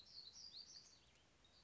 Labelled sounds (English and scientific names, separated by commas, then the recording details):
Black-throated Gray Warbler (Setophaga nigrescens)
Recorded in Sonoma County, California